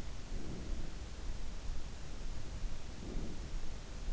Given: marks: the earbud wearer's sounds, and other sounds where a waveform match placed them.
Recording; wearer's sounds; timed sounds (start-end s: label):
sounds in sleep by an in-ear microphone; breath
0.11-0.83 s: breath
2.72-3.79 s: breath